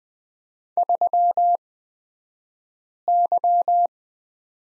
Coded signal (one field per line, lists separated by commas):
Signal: Morse code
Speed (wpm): 20 wpm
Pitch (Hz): 700 Hz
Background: none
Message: 3Y